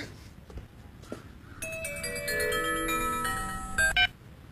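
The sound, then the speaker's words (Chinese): A bright electronic ringtone of an incoming phone call in a TV comedy series starts after a quiet lead-in, playing a stepped melody of clear, high tones that grows fuller and louder, ending in a couple of sharper bursts. “张庭接到电话之后立刻拖着打好石膏的腿离开”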